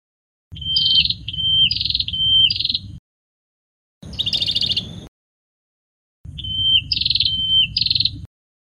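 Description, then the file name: Prinia song in three bouts: flat whistles with pulsed notes, then a quick buzzy trill, then whistles again, with a low droning noise under each bout. "suara burung perenjak kamboja. omkicau"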